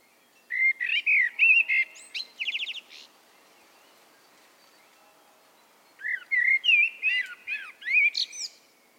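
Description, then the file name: Common blackbird song: a warbled fluty phrase ending in a fast high buzzy trill, then after a pause another mellow phrase with squeaky high notes at its close. "Turdus merula"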